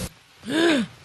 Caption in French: Ce petit bruit inspiratoire, en fait, ça mime le chant du coq, d'où le terme de coqueluche.